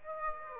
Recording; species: mosquito wingbeat signal from an infrared sensor; Aedes aegypti